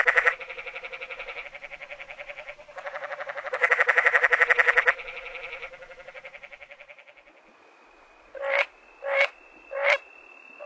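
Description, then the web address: Canyon treefrog calls: long pulsed rattling trains for several seconds, then three short bursts near the end, with a steady thin high tone running alongside them. North America. "Songs of Frogs Toads of North America. Canyon Treefrog"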